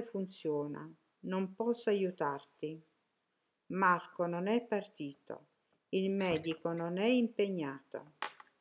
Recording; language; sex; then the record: read phrases; Italian; female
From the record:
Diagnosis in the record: healthy control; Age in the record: 63 years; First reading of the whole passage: 70 s, 6.7 characters per second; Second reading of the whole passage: 71 s, 6.6 characters per second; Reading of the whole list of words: 45 s, 6.3 characters per second